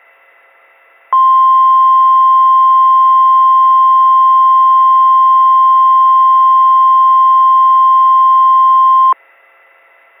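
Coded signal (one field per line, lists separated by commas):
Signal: Emergency Alert System (SAME) tones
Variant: 1050 Hz attention tone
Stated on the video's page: Mock tornado warning EAS scenario made with software, using a realistic EASyPLUS screen and voice filter.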